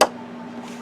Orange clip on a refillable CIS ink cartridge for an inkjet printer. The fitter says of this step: sure again make sure it's snapped in you're gonna hear a click now